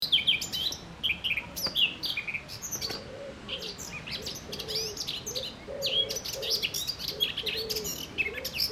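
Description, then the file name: Eurasian blackcap warbling in fast, varied high phrases. "Sylvia atricapilla"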